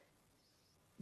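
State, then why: Not seated. An accessory is being handled as it is turned and pushed onto the edge of a craft table so that it will click and lock solid. Low, steady background noise is followed by a brief, louder handling sound at about 1.0 s. Nothing has seated or clicked yet when the clip ends.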